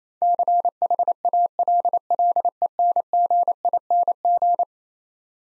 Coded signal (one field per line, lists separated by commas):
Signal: Morse code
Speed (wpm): 27 wpm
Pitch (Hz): 700 Hz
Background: none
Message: CHALLENGING